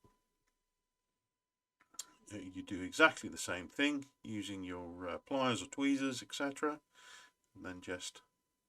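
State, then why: Not seated. On the underside of a Microaces DH.89 Dragon Rapide micro RC model biplane, a small plastic strut fitting is being handled with pliers or tweezers as it is brought up to its wing mounting slot while someone talks. A few brief, faint ticks occur around 1.8 to 2.0 s. Nothing has seated or clicked yet.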